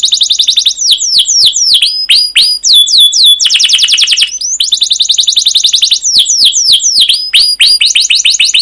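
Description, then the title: Canary song: loud continuous high trills and rolling chatter, fast repeated down-slurred notes alternating with long buzzy rolls, almost without pause. Long continuous rolling canary song with 'cuit cuit' chirps, in the 'masteran' style used as a lure recording to stimulate other canaries to sing. "CUIT CUIT NGEROL LANGSUNG GACOR PANJANG Kenari Utk Pancingan KENAR. Masteran Suara Burung Kenari Gacor Panjang cuit cuit Ngerol untuk Pancingan Kenari!"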